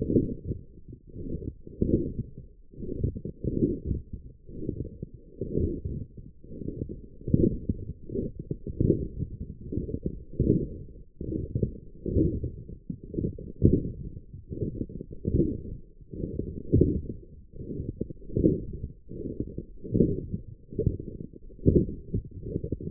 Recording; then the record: forearm muscle sounds (acoustic myography)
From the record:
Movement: forearm pronation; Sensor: system 1, eight BSWA MPA416 microphones around the upper forearm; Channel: 7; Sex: male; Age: 23 years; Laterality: right